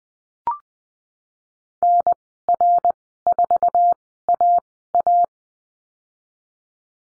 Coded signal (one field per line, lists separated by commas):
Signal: Morse code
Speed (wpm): 20 wpm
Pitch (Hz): 700 Hz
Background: none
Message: NR4AA